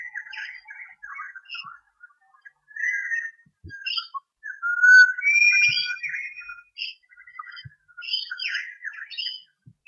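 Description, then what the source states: Birds give a jumble of chirps with a few clear whistled notes, some sliding up and down, steady in pace. Recorded in Armidale in 2013.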